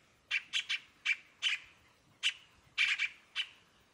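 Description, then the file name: Scarlet-throated tanager calls: several short, bright notes given at irregular intervals over four seconds, against a quiet background. "canto do tie cabure"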